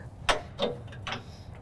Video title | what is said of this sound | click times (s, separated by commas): How to Remove & Install Deck on John Deere Z370R Battery Powered Mower | into place just like that and then once we have that locked into place there | 0.3 s